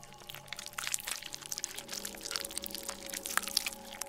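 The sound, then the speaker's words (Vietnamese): Wet chewing and squelching as a demon possessing a woman's body chews mice in its mouth: a steady stream of sticky, crackling smacks and slurps lasting several seconds, moderately loud and uneven in rhythm, with no voices. “Con quỷ trong thân xác của bà Huyện bắt đầu nhóp nhép, nhai mấy con chuột ở trong mồm.”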